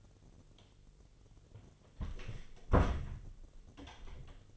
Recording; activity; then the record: daily activity, microphone in the room; close door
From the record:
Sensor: 4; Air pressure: 1008.0 hPa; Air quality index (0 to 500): 180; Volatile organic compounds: 5 ppm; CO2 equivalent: 1796 ppm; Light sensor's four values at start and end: 23/72/27/26 and 24/75/28/28